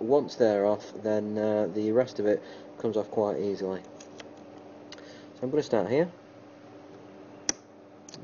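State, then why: Released. Someone talks while prying the metal shield cover off the main board of an iPhone 3GS, where it clips onto the side of the frame attached to the board. At 7.5 s the first side clip releases from the frame with a sharp click, followed by faint ticks. The cover comes off quite easily.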